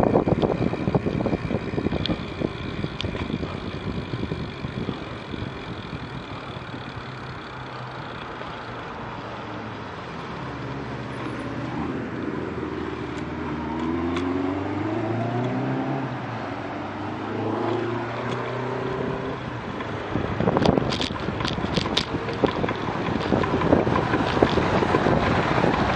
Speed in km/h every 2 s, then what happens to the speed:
17, 1, 8, 0, 0, 0, 2, 19, 21, 23, 31, 25, 26.
0-5 slows to 0. 5-11 standing. 11-20 pulls away to 31. 20-26 steady at about 26.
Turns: none.